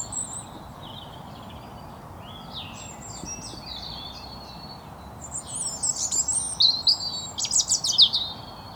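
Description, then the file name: European robin song: quiet at first, then from midway a run of thin, high, twittering phrases with sharp trills and brief glides near the end. "Erithacus rubecula"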